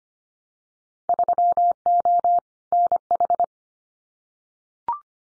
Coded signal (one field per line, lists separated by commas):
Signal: Morse code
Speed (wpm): 25 wpm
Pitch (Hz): 700 Hz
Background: none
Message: 3O NH